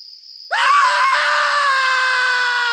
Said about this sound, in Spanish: ¿Qué ha sido ese grito escalofriante?